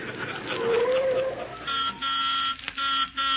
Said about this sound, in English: Driver, you didn't have to blow the horn.